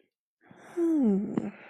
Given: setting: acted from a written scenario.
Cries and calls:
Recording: vocal sound without words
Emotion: interest

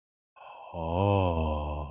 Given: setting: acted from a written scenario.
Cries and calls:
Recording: vocal sound without words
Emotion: ecstasy

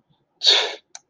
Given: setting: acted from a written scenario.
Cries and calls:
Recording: vocal sound without words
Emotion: contempt

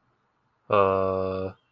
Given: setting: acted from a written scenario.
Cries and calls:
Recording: vocal sound without words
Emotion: embarrassment

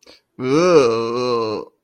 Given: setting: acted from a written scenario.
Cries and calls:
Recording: vocal sound without words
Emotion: disgust

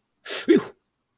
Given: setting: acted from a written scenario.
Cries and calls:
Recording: vocal sound without words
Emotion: negative surprise

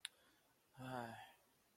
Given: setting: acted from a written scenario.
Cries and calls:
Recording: vocal sound without words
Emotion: sadness

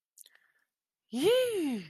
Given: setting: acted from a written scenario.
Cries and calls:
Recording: vocal sound without words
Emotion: elation

